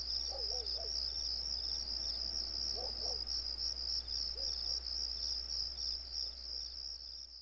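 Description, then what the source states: Cricket chirping, a high pulsed trill repeated about three times a second without pause, with a few faint lower wavering calls and a steady low hum. Recorded on a residential street.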